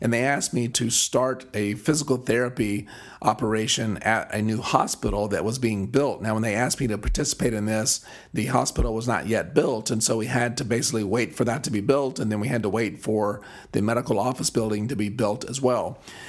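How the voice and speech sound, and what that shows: An adult man speaks fluently at a low pitch in a voice that is slightly weak, breathy and at times creaky, with some loss of clarity on vowels. This is dysphonia from paresis of the left vocal cord after neck surgery for cervical stenosis injured the left recurrent laryngeal nerve. The vocal cords are not coming together all the way. He is about 2.5 months out and slowly recovering.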